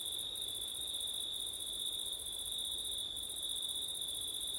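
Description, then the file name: Crickets trill steadily, a high band with a second shrill band above it. Crickets on a September night, with wind, recorded with an ORTF stereo microphone setup. "crickets wind september night ortif"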